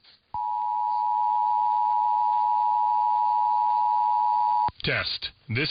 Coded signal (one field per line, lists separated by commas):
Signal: Emergency Alert System (SAME) tones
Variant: 853 and 960 Hz attention tone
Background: speech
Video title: [EAS #2400-#2416] Do you like RMTs & RWTs? This is the video for you.